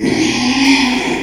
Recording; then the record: squeal of a Yucatan mini pig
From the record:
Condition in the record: after surgery on the right vocal fold (resection and tissue-engineered implant); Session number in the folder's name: 2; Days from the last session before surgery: 13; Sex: male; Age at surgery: 12 weeks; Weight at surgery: 13 kg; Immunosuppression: cyclosporine, prednisolone